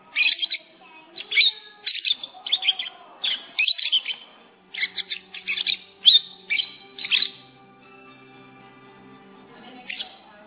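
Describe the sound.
Lovebird chirping, quick shrill chips grouped in bursts during the first seven seconds, then mostly quiet apart from one final short burst.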